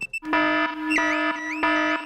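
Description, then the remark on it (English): A loud electronic house alarm, set off by Daddy Pig, blares in repeating pulses, a harsh buzzing tone with rising siren-like sweeps, preceded by two short beeps. “Daddy Pig has set off the noisy house alarm.”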